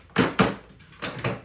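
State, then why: Seated. A new Worx Pegasus folding work table and sawhorse is unfolded, its plastic-and-metal frame opened out until the leg lock engages. Sharp knocks and clatter come at about 0.2 s, 0.4 s, 1.0 s and 1.2 s, with the leg lock clicking into place in its open position at 0.4 s.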